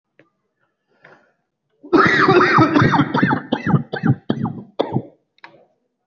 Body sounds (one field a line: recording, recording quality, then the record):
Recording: heavy voluntary cough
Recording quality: excellent, no background noise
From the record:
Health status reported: COVID-19 positive, mild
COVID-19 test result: positive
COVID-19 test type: rapid antigen test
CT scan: not taken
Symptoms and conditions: fever, fatigue, muscle pain, asthma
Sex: male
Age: 30 years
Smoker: no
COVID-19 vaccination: both doses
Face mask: worn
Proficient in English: no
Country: India